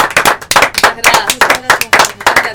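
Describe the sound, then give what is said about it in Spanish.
Live, unrecorded applause from an audience in Mendoza: many hands clapping in dense, crackling bursts that swell and dip continuously, loud and bright throughout. “Por eso, este aplauso que no es grabado es para ustedes.”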